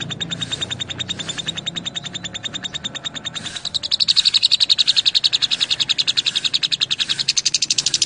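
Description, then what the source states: Lovebird chatter: long, rapid train of sharp high ticking notes, about four a second, growing louder and buzzier halfway through. Song style called konslet.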